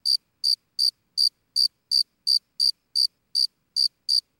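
Cricket chirping in a steady, rapid rhythm, short high-pitched pulses repeated about every third of a second, twelve chirps in all, with nothing else audible.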